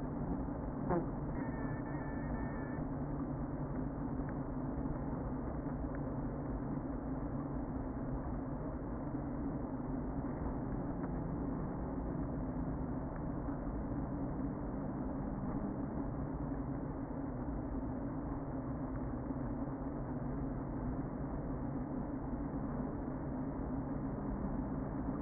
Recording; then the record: honeybee colony, microphone inside the hive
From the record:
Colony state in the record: queen present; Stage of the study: before two queens were removed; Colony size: about 60,000 bees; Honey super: yes